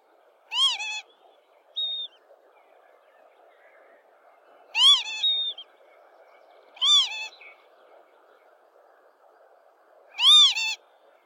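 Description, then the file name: Lapwing giving loud, nasal, arched calls, four spaced irregularly, with a thin high whistle between the first two and steady background noise. "canto do abibe"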